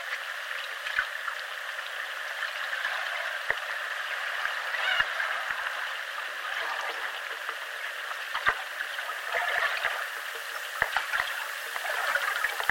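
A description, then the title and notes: Underwater life in a chalk river: a steady, dense hiss of crackling and fizzing sits mostly in the middle and upper range, with little low sound. Sharp clicks and ticks punctuate it irregularly, strongest near 1, 3.5, 5, 8.5 and 11 seconds. The mysterious sounds of underwater life, here recorded in a chalk river in southern England.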